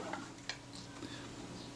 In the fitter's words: in the neutral position right that can pop into place